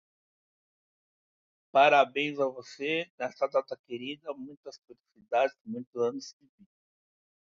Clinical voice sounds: short text; Brazilian Portuguese; male; 60 to 69 years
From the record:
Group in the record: control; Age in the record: 68 years

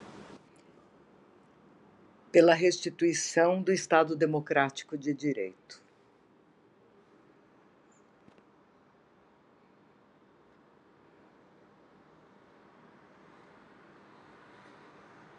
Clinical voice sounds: spoken sentence; Brazilian Portuguese; female; 60 to 69 years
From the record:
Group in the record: control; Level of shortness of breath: 0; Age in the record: 60 years

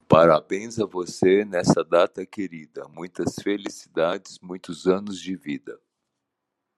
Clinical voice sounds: short text; Brazilian Portuguese; male; 60 to 69 years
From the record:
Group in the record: control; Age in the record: 60 years

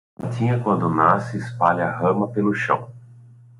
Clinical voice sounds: short text; Brazilian Portuguese; male; 40 to 49 years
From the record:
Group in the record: control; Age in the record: 43 years

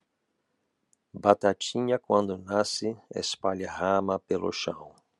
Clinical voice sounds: short text; Brazilian Portuguese; male; 50 to 59 years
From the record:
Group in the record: control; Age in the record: 58 years

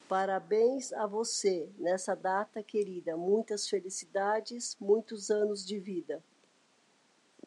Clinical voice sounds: short text; Brazilian Portuguese; female; 40 to 49 years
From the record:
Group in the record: control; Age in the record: 48 years

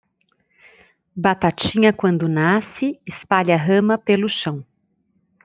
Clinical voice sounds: short text; Brazilian Portuguese; female; 40 to 49 years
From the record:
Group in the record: control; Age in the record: 48 years

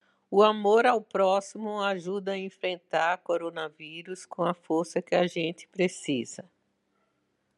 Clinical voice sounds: spoken sentence; Brazilian Portuguese; female; 60 to 69 years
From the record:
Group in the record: control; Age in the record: 69 years

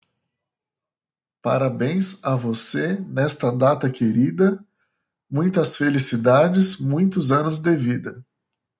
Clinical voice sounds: short text; Brazilian Portuguese; male; 30 to 39 years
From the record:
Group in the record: control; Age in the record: 39 years

